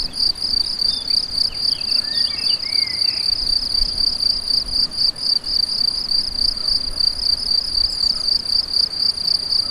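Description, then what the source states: Crickets producing a steady, high, pulsing trill that runs without pause, with a fainter overtone above it. Several crickets, date given as 7 05 14, recorded with an MZ-N 710 recorder.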